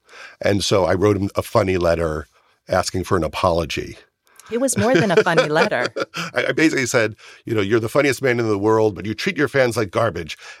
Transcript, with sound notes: And so I wrote him a funny letter asking for an apology (laughter).
It was more than a funny letter.
I basically said, you know, you're the funniest man in the world, but you treat your fans like garbage.